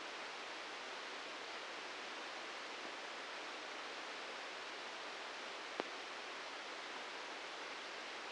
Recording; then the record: brain microelectrode recording played as sound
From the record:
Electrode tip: outside the subthalamic nucleus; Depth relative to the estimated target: 3 mm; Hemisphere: right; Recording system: NeuroSet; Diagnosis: Parkinson's disease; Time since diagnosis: 13 years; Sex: male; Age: 63 years